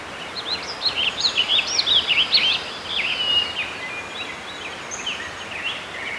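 Bird chirps, a busy run of high, quick twittering notes and short trills for about three seconds, then fainter scattered chirps over a steady background hiss.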